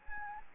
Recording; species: mosquito wingbeat signal from an infrared sensor; Anopheles gambiae